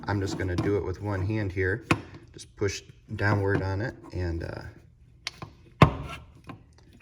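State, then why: Released. Someone talks while pushing downward one-handed on the drive axle of an Add-A-Motor Mode 80 drapery motor / D20 pet door motor housing. A sharp pop is heard at 5.8 s as the axle releases from its plastic seat. The axle now sits pushed flush, ready to be pulled straight out for replacement.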